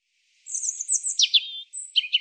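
European robin song, high scratchy twitters sliding down into a clear whistle, then a thin high note and more warbling.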